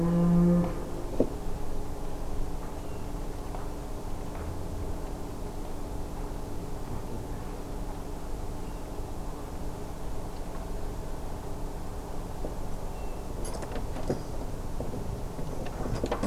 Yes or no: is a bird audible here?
yes